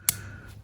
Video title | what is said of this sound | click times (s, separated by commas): Volvo car key card remote fob how to change the battery #carkeys #car #automobile #volvo | it just pushes up slightly and you can hear it click into place. | 0.1 s